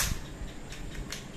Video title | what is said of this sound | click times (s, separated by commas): UNBOXING DETAILING PRODUCTS PT 2 | Yun tumunog nag-lock na yon. | 1.1 s